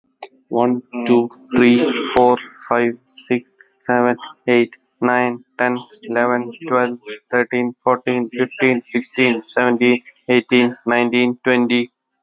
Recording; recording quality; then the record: counting at a normal pace; excellent, no background noise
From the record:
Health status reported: healthy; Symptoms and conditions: none ticked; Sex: male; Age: 38 years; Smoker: not ticked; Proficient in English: yes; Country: India